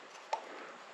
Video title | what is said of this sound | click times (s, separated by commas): Toyota Tacoma how to change oil and air filters | And the other one's going to snap right into the bottom of this. | 0.3 s